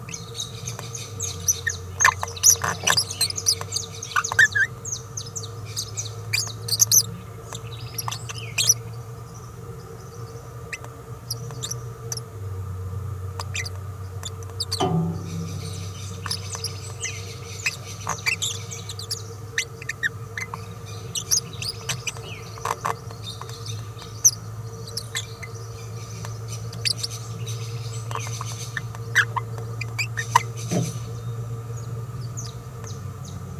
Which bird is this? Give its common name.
Green-rumped Parrotlet